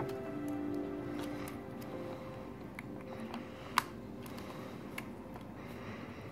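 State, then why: Seated. The display flex cable connector of an iPad Air is pressed back onto its logic board socket, over a steady tonal background with faint ticks near 2.8 and 5.0 seconds. A sharp snap at 3.8 seconds marks the connector clicking in and seating.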